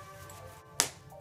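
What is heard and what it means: A snap button on the sleeve pocket of a quilted bomber jacket is pressed closed, giving a single sharp snap at 0.8 s over a quiet, steady background. The snap seats and the pocket closes.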